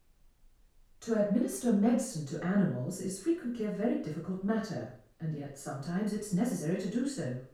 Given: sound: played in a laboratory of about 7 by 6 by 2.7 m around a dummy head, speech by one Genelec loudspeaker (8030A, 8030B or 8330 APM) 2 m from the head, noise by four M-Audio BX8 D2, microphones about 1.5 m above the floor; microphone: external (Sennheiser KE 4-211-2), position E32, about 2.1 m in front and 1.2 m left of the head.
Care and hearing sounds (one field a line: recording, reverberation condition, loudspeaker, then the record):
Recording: female speech in English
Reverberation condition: medium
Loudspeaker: 60 degrees to the right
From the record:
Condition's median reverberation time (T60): about 510 ms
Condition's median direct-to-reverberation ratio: about -0.5 dB